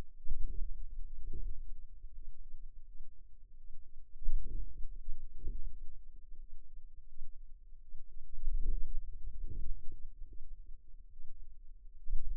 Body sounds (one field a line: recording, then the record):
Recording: forearm muscle sounds (acoustic myography)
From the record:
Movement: hand closing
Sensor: system 2, bracelet of six BSWA MPA416 microphones around the upper forearm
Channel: 6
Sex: female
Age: 23 years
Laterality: right